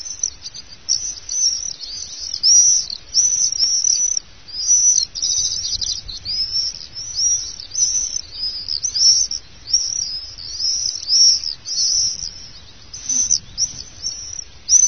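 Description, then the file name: Common swift screaming calls, a near-continuous stream of shrill buzzy screeches rising and falling in loudness. "gierzwaluw"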